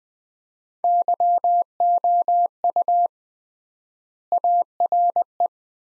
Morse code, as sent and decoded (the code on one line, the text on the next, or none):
-.-- --- ..- / .- .-. .
YOU ARE